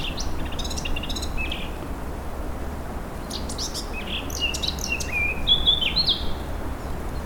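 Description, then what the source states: Birds chirping with high tweets and short whistled notes over a low steady rumble. Countryside.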